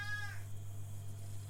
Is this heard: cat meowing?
yes